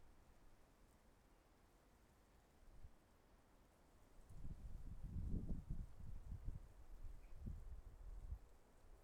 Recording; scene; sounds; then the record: everyday scene through a hearing-aid microphone; wind on the microphone; wind, traffic, birds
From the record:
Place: suburban garden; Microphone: behind the ear, left, front